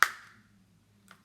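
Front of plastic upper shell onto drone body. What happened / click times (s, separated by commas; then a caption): The front of the plastic shell snapped into place / 0.0 s. Pressing on the front of a DJI Spark drone's plastic upper shell snaps it onto the drone body, with a sharp click at 0.0 s that rings briefly and fades over a low steady hum. A much fainter tap follows at 1.1 s, and the front of the shell is seated.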